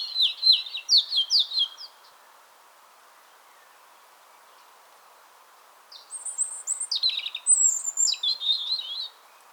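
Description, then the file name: European robin song: two thin, high warbling phrases of quick trills and whistled notes, separated by about four seconds of silence, over a faint steady background hiss. "Erithacus rubecula"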